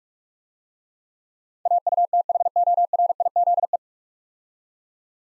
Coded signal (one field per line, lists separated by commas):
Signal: Morse code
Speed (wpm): 44 wpm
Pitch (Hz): 700 Hz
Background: none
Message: AUTHORIZE